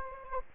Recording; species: mosquito wingbeat signal from an infrared sensor; Aedes aegypti